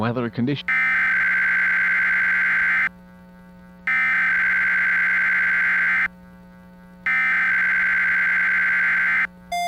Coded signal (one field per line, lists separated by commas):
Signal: Emergency Alert System (SAME) tones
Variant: header bursts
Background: speech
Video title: Temper Tantrum (EAS Scenario)